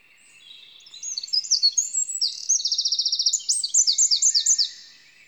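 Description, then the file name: Eurasian wren song that rises from soft notes into a piercing, very fast trill and then a series of strong repeated slurred notes before stopping abruptly. "Troglodytes troglodytes"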